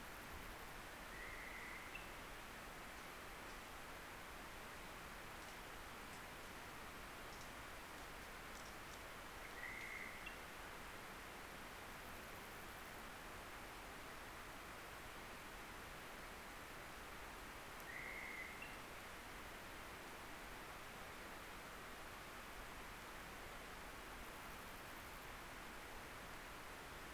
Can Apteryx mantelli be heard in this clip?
no